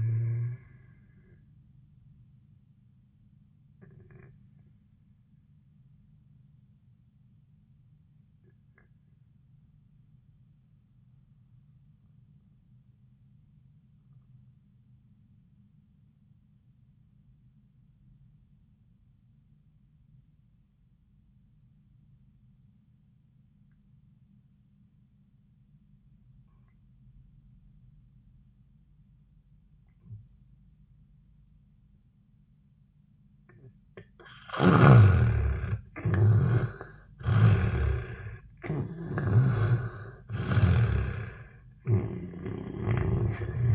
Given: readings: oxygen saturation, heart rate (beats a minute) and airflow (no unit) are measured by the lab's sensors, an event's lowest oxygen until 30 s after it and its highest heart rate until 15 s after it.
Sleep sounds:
breathing in sleep by a smartphone at the bedside; 1
5.00-33.90 s: obstructive apnea (N2, oxygen 96% highest, then 71% lowest, heart rate 72 at the start, 85 highest)
28.00-43.75 s: new sleep stage, N1 (lightest sleep)
From the record:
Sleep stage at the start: N2 (light sleep); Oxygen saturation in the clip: 74 to 96%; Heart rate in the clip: 58 to 89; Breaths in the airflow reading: 3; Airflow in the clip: -13.3 to 9.5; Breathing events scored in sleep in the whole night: 400 in 8.7 hours asleep

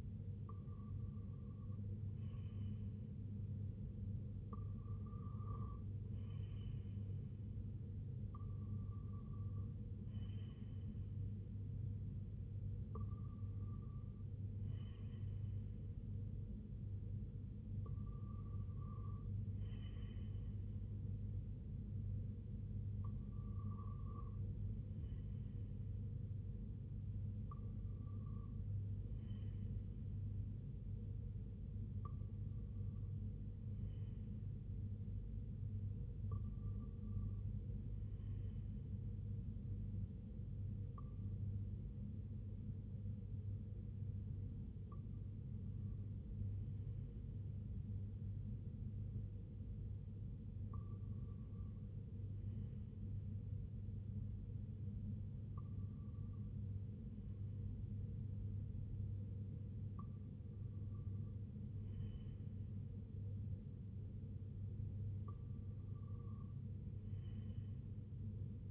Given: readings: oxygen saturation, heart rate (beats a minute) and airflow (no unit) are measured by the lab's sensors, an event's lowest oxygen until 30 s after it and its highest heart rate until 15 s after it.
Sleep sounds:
breathing in sleep by a smartphone at the bedside; 1
44.00-62.60 s: hypopnea (REM, oxygen 97% highest, then 94% lowest, heart rate 75 at the start, 79 highest)
From the record:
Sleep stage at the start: REM sleep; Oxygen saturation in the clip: 94 to 97%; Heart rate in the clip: 72 to 81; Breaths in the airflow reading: 15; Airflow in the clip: -5.9 to 3.4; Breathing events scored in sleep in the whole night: 258 in 7.4 hours asleep

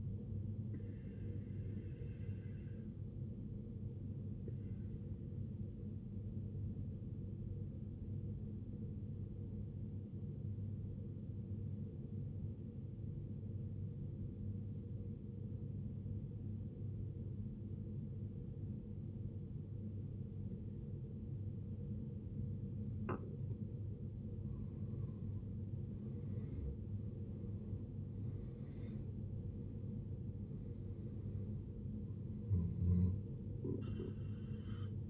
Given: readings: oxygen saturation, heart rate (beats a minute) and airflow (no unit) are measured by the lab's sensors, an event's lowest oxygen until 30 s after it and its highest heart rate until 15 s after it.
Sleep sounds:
breathing in sleep by a smartphone at the bedside; 1
5.00-23.80 s: obstructive apnea (N1, oxygen 95% highest, then 80% lowest, heart rate 60 at the start, 79 highest)
From the record:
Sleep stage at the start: N1 (lightest sleep); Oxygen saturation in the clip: 80 to 95%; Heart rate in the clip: 58 to 79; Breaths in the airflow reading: 5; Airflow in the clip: -13.8 to 14.1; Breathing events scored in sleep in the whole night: 389 in 6.3 hours asleep

